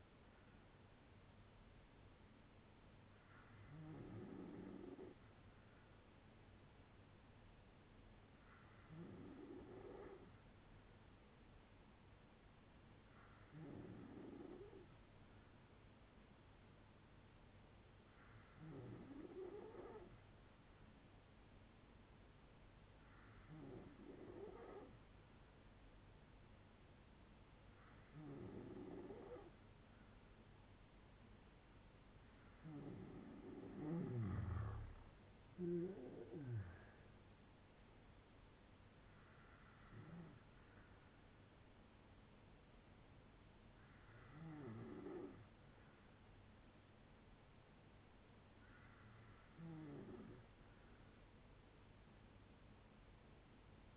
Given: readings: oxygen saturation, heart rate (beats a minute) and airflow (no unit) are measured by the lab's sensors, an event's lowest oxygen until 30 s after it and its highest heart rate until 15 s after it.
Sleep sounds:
breathing in sleep by a voice recorder at the bedside; none
7.00-37.00 s: new sleep stage, N3 (deep sleep)
37.00-53.96 s: new sleep stage, N2 (light sleep)
From the record:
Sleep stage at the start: N2 (light sleep); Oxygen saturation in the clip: 94 to 95%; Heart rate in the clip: 57 to 76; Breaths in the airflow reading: 11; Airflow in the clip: -7.7 to 11.8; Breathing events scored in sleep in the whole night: 182 in 7.4 hours asleep

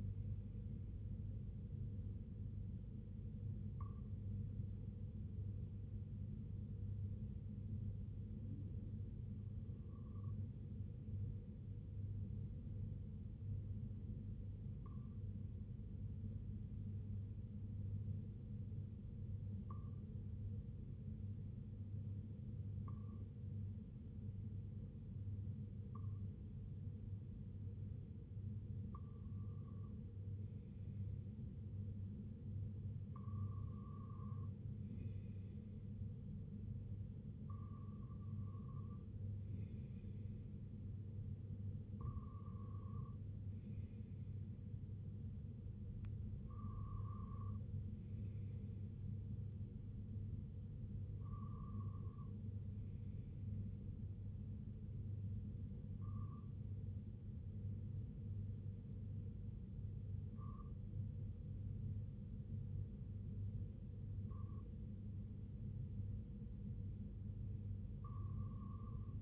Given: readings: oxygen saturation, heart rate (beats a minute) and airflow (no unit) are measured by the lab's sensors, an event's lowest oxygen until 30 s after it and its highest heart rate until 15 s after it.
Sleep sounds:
breathing in sleep by a smartphone at the bedside; 1
3.00-28.80 s: hypopnea (N2, oxygen 96% highest, then 92% lowest, heart rate 60 at the start, 67 highest)
29.00-59.00 s: new sleep stage, N1 (lightest sleep)
59.00-69.22 s: new sleep stage, N2 (light sleep)
From the record:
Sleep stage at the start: N2 (light sleep); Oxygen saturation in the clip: 92 to 96%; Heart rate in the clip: 58 to 67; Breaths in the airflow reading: 16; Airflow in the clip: -5.6 to 3.8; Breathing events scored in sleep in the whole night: 258 in 7.4 hours asleep

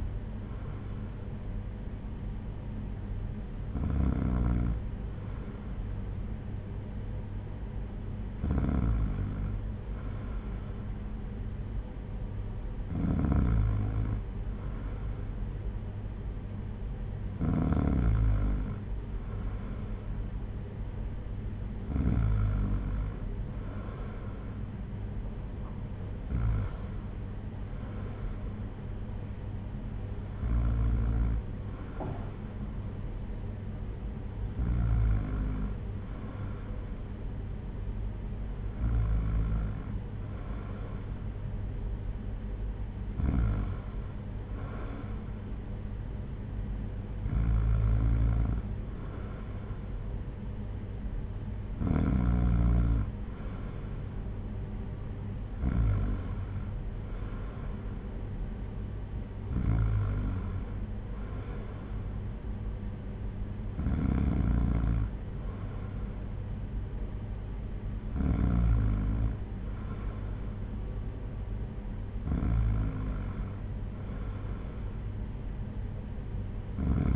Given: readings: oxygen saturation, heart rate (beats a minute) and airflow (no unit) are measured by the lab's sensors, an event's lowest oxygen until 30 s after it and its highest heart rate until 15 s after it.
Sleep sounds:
breathing in sleep by a smartphone at the bedside; none
none scored
From the record:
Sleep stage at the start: N2 (light sleep); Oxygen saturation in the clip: 93 to 95%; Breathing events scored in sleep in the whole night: 226 in 8.8 hours asleep

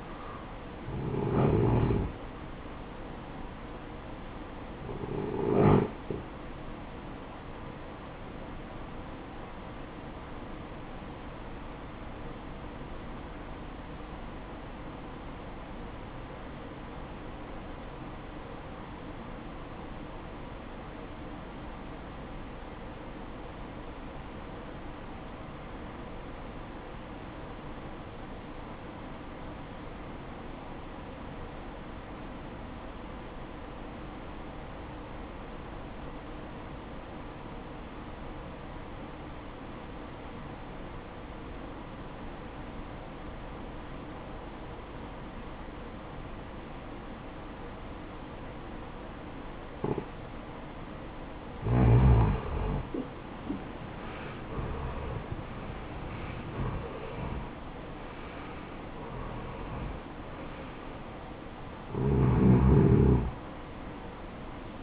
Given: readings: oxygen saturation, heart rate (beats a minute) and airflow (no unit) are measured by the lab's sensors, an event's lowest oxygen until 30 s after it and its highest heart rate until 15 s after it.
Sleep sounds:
breathing in sleep by a voice recorder at the bedside; 1
1.00-64.83 s: new sleep stage, REM sleep
10.00-52.70 s: obstructive apnea (REM, oxygen 95% highest, then 79% lowest, heart rate 67 at the start, 86 highest)
From the record:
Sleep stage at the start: N1 (lightest sleep); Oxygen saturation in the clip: 76 to 95%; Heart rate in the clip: 56 to 86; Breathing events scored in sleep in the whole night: 573 in 9.8 hours asleep

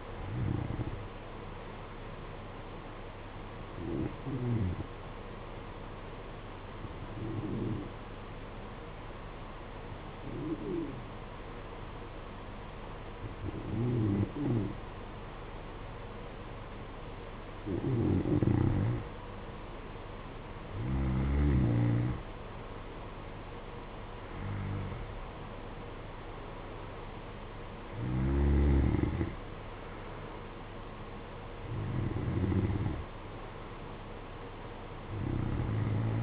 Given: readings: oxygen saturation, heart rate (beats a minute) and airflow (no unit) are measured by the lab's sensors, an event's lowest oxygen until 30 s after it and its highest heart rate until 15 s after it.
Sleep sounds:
breathing in sleep by a voice recorder at the bedside; 1
3.00-21.50 s: hypopnea (N2, oxygen 93% highest, then 90% lowest, heart rate 53 at the start, 57 highest)
From the record:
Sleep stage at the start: N2 (light sleep); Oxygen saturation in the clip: 90 to 93%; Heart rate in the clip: 52 to 57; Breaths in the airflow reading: 10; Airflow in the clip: -9.0 to 6.6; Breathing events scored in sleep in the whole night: 476 in 9.7 hours asleep

